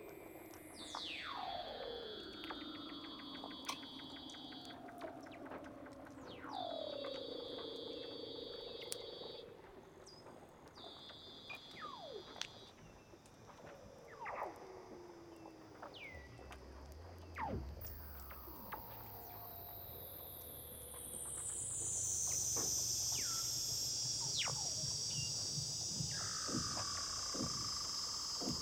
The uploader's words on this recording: Douglas Quin - Weddell Seals (Underwater).